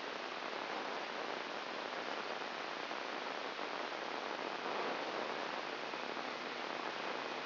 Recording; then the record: brain microelectrode recording played as sound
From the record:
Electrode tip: outside the subthalamic nucleus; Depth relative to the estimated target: 2 mm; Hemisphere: left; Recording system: AlphaMap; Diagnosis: Parkinson's disease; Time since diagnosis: 24 years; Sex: female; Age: 57 years